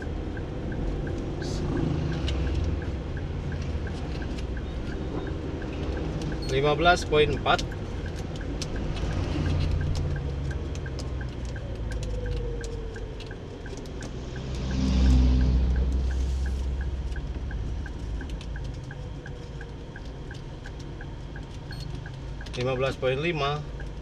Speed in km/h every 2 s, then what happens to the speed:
37, 34, 33, 28, 27, 22, 20, 19, 19, 18, 18, 18.
0-12 slows to 20. 12-24 steady at about 18.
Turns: none.